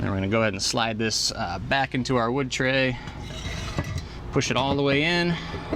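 A wood chip tray loaded with apple and hickory chips is slid back into the wood tray slot of an electric smoker's chip loader while someone talks, with faint handling and sliding sounds beneath the voice. The tray is being pushed in but has not clicked or seated yet by the end of the clip.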